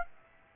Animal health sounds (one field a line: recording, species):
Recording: mosquito wingbeat signal from an infrared sensor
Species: Aedes aegypti